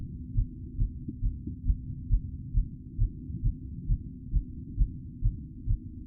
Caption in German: Mein Herzschlag nach dem Aufstieg.